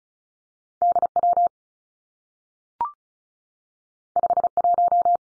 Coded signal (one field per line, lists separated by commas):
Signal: Morse code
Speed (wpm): 36 wpm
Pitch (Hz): 700 Hz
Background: none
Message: D W 5 1